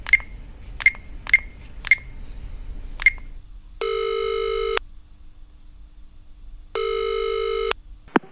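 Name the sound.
telephone dialing and ringing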